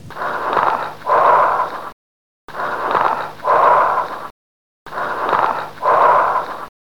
Bronchial Breath Sounds and Late Inspiratory Crackles.